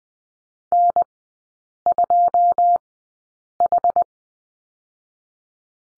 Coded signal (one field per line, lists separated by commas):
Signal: Morse code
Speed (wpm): 20 wpm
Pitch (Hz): 700 Hz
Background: none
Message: N 2 H